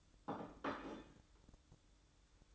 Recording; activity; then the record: daily activity, microphone in the room; place plate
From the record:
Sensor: 3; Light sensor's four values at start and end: 9/22/9/9 and 9/22/9/9